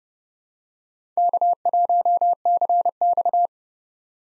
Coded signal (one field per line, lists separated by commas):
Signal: Morse code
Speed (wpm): 30 wpm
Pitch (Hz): 700 Hz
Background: none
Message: K1CX